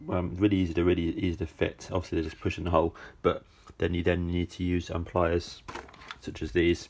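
New plastic sill trim clips for a DeLorean are being fitted into holes in a car body panel; they push into the holes, and their tabs then need squeezing with pliers to lock into place. Someone talks throughout, with faint handling sounds in the background. Nothing has seated or clicked yet.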